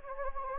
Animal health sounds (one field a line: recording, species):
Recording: mosquito wingbeat signal from an infrared sensor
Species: Anopheles gambiae